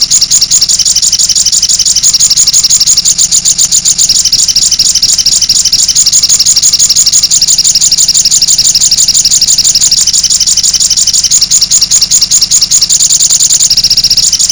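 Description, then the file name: Sogok ontong delivers a continuous, very high, buzzy trill of rapidly repeated notes that barely pauses throughout. "sogok ontong rahmat januar afandi"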